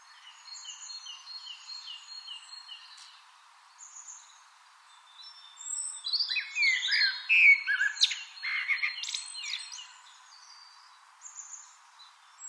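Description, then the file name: Eurasian blackbird song: a burst of fluted, twisting notes mixed with scratchy high twitters midway, with steady thin high whistled notes before and after. "Turdus merula"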